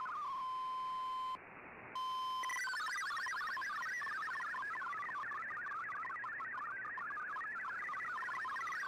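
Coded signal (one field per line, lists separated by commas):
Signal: multi-tone FSK (Olivia or MFSK type)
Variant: MFSK32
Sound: steady tone, short hiss burst, then rapid warbling melody of hopping tones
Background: radio static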